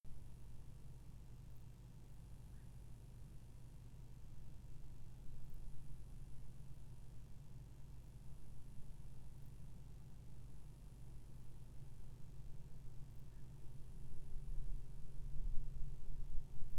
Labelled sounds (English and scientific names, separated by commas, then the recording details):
Black-crowned Night-Heron (Nycticorax nycticorax), man-made sound
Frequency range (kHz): Black-crowned Night-Heron (Nycticorax nycticorax) 1.5-1.9 kHz
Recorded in France